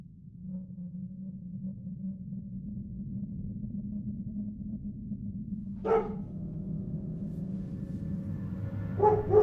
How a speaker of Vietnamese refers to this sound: Không biết được bao lâu thì có tiếng chó sủa trên bờ, làm dì Hai giật mình.